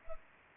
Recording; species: mosquito wingbeat signal from an infrared sensor; Culex pipiens